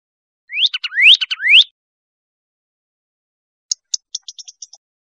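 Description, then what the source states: Pyrrhuloxia song, a phrase of three upslurred clear whistles mixed with short notes, followed after a pause by a quick series of seven high chips. Recorded 28 April 2001.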